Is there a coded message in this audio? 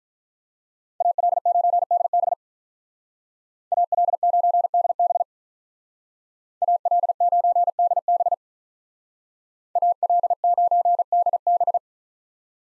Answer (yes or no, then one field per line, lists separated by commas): yes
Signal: Morse code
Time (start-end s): 1.0-11.8 s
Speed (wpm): 46 wpm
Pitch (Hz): 700 Hz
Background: none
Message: AL9DB AL9DB AL9DB AL9DB